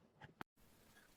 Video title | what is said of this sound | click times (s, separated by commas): F1 Style OEM third brake light on Mazda RX8 | um and I'll actually show you how it snaps into place right now | 0.4 s